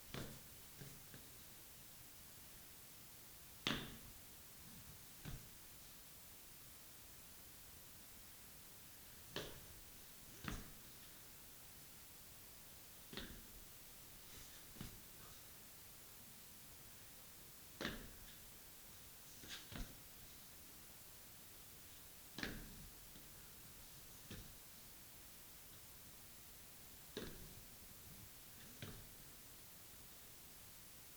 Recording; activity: daily activity, guitar pickup as the sensor; go downstairs